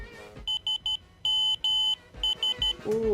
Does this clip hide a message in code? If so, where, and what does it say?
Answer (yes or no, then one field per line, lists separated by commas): yes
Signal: Morse code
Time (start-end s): 0.5-2.7 s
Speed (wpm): 12 wpm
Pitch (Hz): 3050 Hz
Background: music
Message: SMS